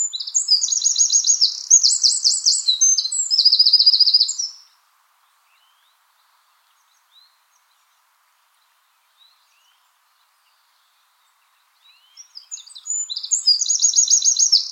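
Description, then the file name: Eurasian wren song, a long shrill outburst of fast trills lasting over four seconds, quiet gap with faint notes, then a second rapid trilled phrase starts. "Troglodytes troglodytes"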